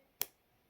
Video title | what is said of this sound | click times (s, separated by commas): Pagani Design PD1716 PRX chronograph homage | that, I'm not sure if you can hear that click, | 0.2 s